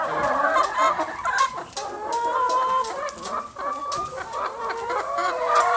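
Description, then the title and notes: Chickens clucking and cackling together, overlapping nasal calls with sharp clicks throughout. Hens in their usual enclosure. "Galiñas Coens. Nesta paisaxe sonora, escoitase o gran son das galiñas no seu recinto habitual"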